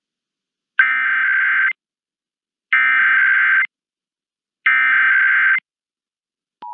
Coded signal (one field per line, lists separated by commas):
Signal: Emergency Alert System (SAME) tones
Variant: header bursts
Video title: EAS Required Monthly Test Massachusetts/Illinois Statewide Tests Chicago/Boston +WeatherSTAR4000